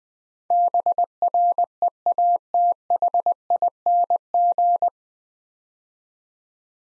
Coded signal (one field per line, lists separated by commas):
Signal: Morse code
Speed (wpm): 20 wpm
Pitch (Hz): 700 Hz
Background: none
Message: BREATHING